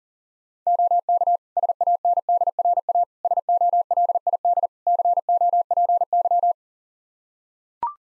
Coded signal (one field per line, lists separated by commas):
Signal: Morse code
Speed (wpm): 40 wpm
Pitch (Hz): 700 Hz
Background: none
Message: OK SANDRA SOLID COPY